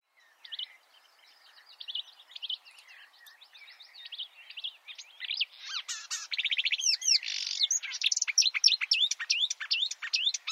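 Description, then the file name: Marsh warbler song, starting as faint scratchy chatter, then swelling into loud, fast, varied whistles, buzzes and sweeping slurred notes that grow denser toward the end. Chirping song. "suara kicauan burung marsh warbler. omkicau"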